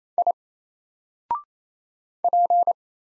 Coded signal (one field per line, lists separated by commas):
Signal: Morse code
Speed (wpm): 27 wpm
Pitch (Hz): 700 Hz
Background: none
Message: I P